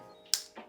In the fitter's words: Het klikt op zijn plaats.